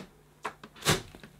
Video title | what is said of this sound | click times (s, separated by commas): Vorwerk Kobold VK200 Vacuum Cleaner Unboxing & First Look | push down on the handle until you hear a click then | 0.5 s